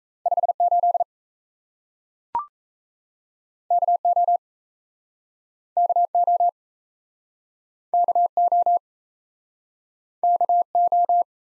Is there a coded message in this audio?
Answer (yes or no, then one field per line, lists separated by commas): yes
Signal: Morse code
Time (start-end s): 0.3-11.2 s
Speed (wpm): 38 wpm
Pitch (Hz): 700 Hz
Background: none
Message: 58 KO KO KO KO